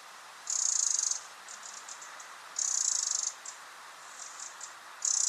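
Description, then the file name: Eurasian wren calling with rapid, high, buzzy rattles lasting under a second, repeated roughly every two seconds, with softer ticks between them and a constant background hiss. "Troglodytes troglodytes"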